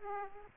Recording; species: mosquito wingbeat signal from an infrared sensor; Aedes aegypti